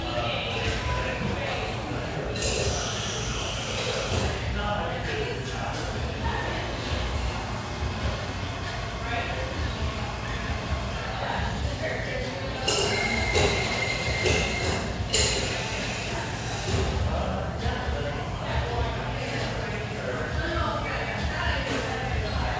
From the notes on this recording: musical, upbeat vibe of this café with a view, located in a high rise